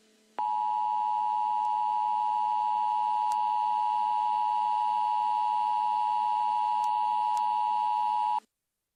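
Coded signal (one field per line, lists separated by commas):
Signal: Emergency Alert System (SAME) tones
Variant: 853 and 960 Hz attention tone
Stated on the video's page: Fictional simulated EAS riot scenario.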